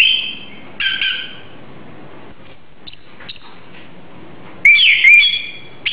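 Oriental magpie-robin song phrases: a rich whistled burst at the start, a brief one near one second, then near silence until a twisting, warbled phrase returns near the end.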